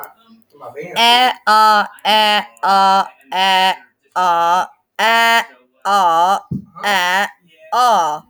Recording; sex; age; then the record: vowel held as long as possible; female; 30 to 39 years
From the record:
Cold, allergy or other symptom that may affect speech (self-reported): no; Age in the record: 34 years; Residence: Texas, United States